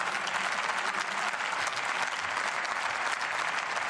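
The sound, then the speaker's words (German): Sustained applause from a crowd, a dense, steady patter of many hands clapping at an even loudness for the full four seconds with no voices rising above it. “Oh, ein langer Applaus, ein langer warmer Applaus.”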